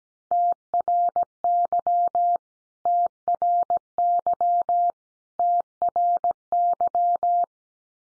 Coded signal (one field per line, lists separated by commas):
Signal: Morse code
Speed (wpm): 17 wpm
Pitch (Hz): 700 Hz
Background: none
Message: TRY TRY TRY